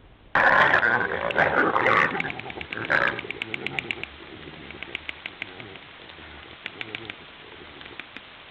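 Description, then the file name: Peccary calls: a loud burst of harsh grunting squeals for three seconds, followed by a run of sharp clicking pulses that fade away. "zvuki pekari"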